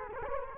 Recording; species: mosquito wingbeat signal from an infrared sensor; Culex quinquefasciatus